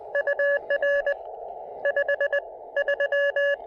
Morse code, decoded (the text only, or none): UR 53